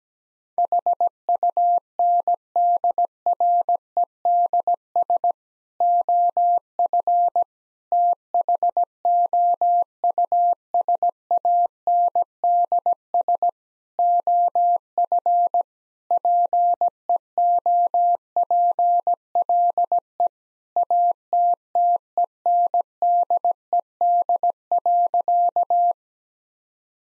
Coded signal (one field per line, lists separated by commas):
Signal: Morse code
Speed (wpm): 17 wpm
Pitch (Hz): 700 Hz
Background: none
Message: HUNDREDS OF THOUSANDS OF PEOPLE ATTENDED.